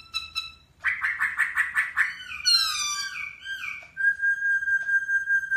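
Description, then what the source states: Masked laughingthrush song: quick harsh chatter, then a long wavering whistle ending in a sustained, steady pure tone. Song said to captivate other birds.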